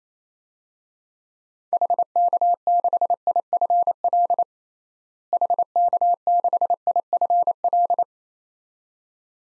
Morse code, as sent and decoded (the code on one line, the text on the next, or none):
.... -.- -.... .. ..-. .-.. / .... -.- -.... .. ..-. .-..
HK6IFL HK6IFL